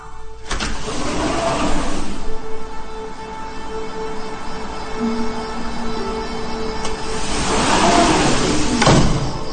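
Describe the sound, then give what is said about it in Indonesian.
An office's automatic sliding door whirs open with a steady motor hum and rolling rush, then a second mechanical swell toward the end, ending in a soft thump; no one speaks. “Pas keluar, ketika dekat pintu, pintu otomatis pun terbuka.”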